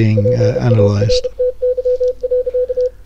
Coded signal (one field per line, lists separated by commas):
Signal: Morse code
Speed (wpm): 32 wpm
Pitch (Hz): 500 Hz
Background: speech, radio noise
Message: PARTY.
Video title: Tech Note 078 - ESP32 Real Time Morse Decoder